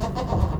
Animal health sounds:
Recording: contact call of a hoofed animal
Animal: goat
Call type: low-frequency (closed-mouth) or high-frequency (open-mouth) call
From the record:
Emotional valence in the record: positive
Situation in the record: food anticipation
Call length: 0.60 s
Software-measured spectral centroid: 1580 Hz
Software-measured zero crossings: 970 a second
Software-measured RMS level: -24 dBFS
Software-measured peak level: -9 dBFS

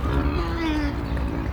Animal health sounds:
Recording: contact call of a hoofed animal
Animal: wild boar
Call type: grunt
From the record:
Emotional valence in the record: negative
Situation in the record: naturally occurring agonistic interactions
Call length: 1.52 s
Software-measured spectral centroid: 1870 Hz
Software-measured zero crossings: 990 a second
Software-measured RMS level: -24 dBFS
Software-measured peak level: -12 dBFS

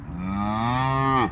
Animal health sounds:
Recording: contact call of a hoofed animal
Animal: cattle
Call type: low-frequency (closed-mouth) or high-frequency (open-mouth) call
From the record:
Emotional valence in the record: negative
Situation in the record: full separation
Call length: 1.31 s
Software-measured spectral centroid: 1670 Hz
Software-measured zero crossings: 1410 a second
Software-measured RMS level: -24 dBFS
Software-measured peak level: -8 dBFS

